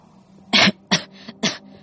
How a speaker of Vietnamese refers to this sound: Thằng … ho 3 tiếng, rồi nói trong khó nhọc.